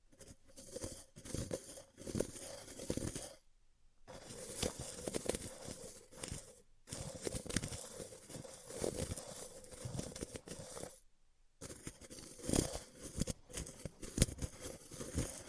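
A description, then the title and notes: Sticky tape or a band aid is peeled off in bursts of crackling, ripping texture, each tear made of rapid tiny snaps. There are clean silences near 3.5 and 11 seconds and a brief break at 6.7. A faint steady tone runs underneath the tearing. ASMR Ripping Off the Band Aid (No Talking).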